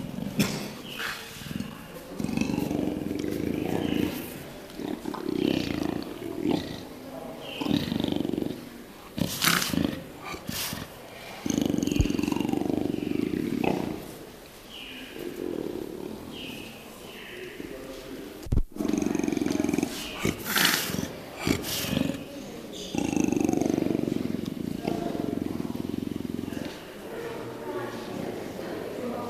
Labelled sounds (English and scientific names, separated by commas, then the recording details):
Leopard (Panthera pardus)
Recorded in captivity
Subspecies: orientalis
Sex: female
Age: adult
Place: Tierpark Berlin, Berlin, DE
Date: 1997-01-12 12:17
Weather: wolkig bis heiter, -5°C
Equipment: Nagra SN, Kopie Uher 4000 Report Monitor
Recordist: Tembrock, Günter
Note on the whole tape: Weibchen: vorn liegend "gurrend-knurrende" Laute, auch Abwehr gegen das Männchen